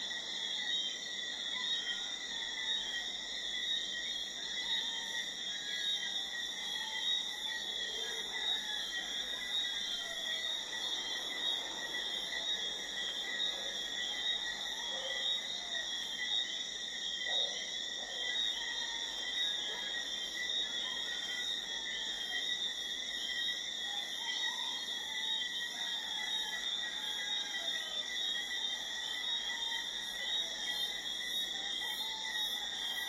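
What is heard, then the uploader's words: A jungle night in the rainforest: a dense, unbroken chorus of insects holds several steady high-pitched tones, with a faster pulsing trill at the very top. Faint, scattered calls drift in the middle range throughout, over a low, constant hum. A jungle night in the rainforest is characterized by the sounds of the forest coming alive.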